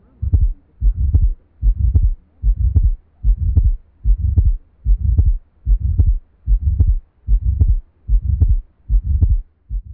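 Heart sounds of an adult.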